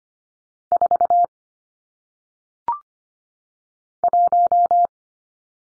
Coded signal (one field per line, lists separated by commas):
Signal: Morse code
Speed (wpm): 25 wpm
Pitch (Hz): 700 Hz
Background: none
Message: 4 1